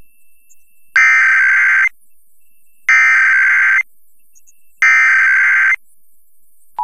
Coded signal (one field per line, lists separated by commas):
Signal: Emergency Alert System (SAME) tones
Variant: header bursts